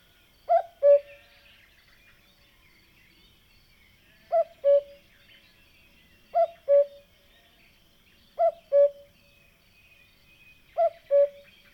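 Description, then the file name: Cuckoo calling a two-note falling cu-coo, five times a few seconds apart, over a quiet background. "minutes of cuckoos"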